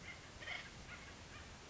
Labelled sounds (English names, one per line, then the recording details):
Acorn Woodpecker
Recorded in Sonoma County, California